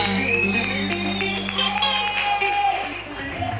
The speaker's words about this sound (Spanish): Ahora sí, aplausos para la tarima, papá.